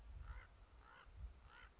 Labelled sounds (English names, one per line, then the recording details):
Common Raven
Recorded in Sonoma County, California